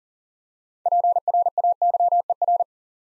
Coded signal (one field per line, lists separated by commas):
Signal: Morse code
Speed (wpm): 40 wpm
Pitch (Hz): 700 Hz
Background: none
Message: PRAYER